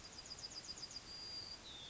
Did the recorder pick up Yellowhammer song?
yes